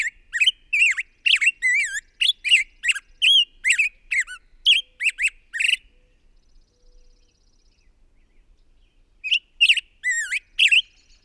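Bird song: a rapid stream of squeaky, harmonic chirps for about six seconds, a quiet pause of a few seconds, then the chattering notes resume.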